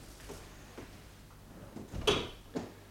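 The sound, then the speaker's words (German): A door swings shut with a solid, moderately loud thud followed by a quick latch click, preceded by a few faint knocks and rattles against quiet background hiss. “So, die Tür ist zu.”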